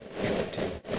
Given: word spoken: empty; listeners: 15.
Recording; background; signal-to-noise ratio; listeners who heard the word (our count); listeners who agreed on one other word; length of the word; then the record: one English word in noise, from a listening test; noise modulated by three-talker babble; -7.2 dB; 1 of 15; 6 of 15; 0.59 s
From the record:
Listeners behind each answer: 6, 2, 1, 1, 1, 1, 1, 1, 1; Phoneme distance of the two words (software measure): 30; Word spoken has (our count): 2 syllables, 5 phonemes, stress on syllable 1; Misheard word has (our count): 2 syllables, 5 phonemes, stress on syllable 1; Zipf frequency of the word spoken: 4.68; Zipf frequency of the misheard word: 4.57